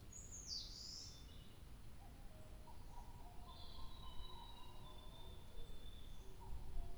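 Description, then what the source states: Bird song: a sharp high swooping note at the start, then a long thin whistle with softer lower warbled notes beneath, over a low rumble. 2 July 2023.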